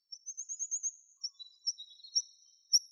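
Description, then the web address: Tree pipit calls: a fast run of thin high notes, then drawn-out sibilant whistles with short accented chips, against a quiet background. "Anthus trivialis"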